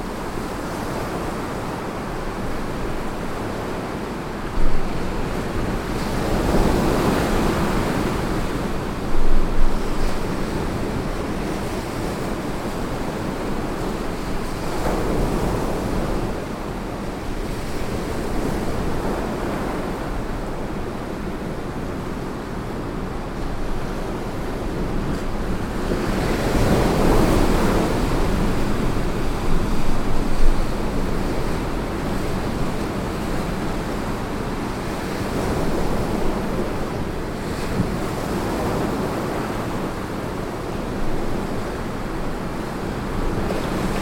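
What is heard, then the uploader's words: Gentle Pacific ocean waves wash in steadily, swelling every few seconds, loudest near 7, 15, and 27 seconds, over a constant low rumble of surf. Gentle Ocean Waves: Relaxing Nature Sounds. The sound of a gentle pacific ocean waves.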